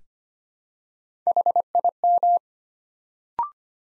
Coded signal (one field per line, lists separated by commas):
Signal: Morse code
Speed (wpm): 25 wpm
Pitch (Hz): 700 Hz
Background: none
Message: HIM